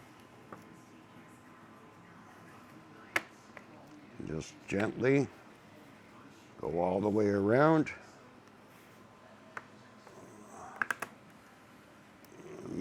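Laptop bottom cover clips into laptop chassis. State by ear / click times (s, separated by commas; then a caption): seated / 9.6 s, 10.8 s, 10.9 s, 11.0 s. Someone talks while pressing down around the edge of an Asus laptop's plastic bottom case, clipping the cover into the chassis. Sharp clicks are heard at 9.6, 10.8, 10.9 and 11.0 seconds as several retaining clips snap together in quick succession. The cover is seated.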